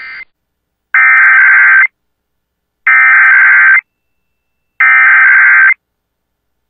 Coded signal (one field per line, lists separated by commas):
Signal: Emergency Alert System (SAME) tones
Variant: header bursts